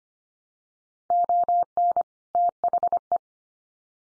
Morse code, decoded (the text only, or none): ON THE